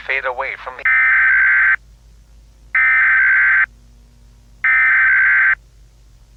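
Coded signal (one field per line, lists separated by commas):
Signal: Emergency Alert System (SAME) tones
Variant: header bursts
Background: speech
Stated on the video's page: Fictional EAS scenario using valid tones, shown on a NOAA weather radio screen.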